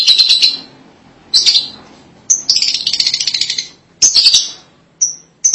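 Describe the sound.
Lovebird calls, harsh buzzy chatter in bursts alternating with short piercing chirps, with brief gaps between the outbursts.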